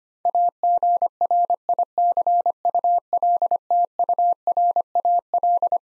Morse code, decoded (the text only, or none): AGRICULTURAL